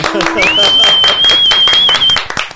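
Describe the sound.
A burst of group applause, rapid overlapping claps filling the whole moment, with a long steady high-pitched whistle riding over the middle and voices cheering underneath.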